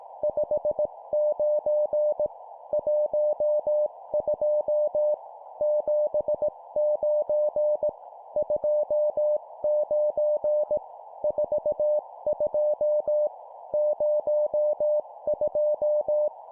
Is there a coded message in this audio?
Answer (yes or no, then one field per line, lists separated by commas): yes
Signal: Morse code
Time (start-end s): 0.2-16.3 s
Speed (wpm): 18 wpm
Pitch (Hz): 600 Hz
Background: none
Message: 59 12 79 29 42 02